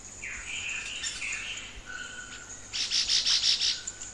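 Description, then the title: Chestnut-bellied euphonia song: thin sliding whistles, then a quick burst of rattling, pulsed high notes near the end, over a steady high insect hum. "LuckyPassaro Completos2Sama. Chestnut-bellied Euphonia (Euphonia pectoralis)"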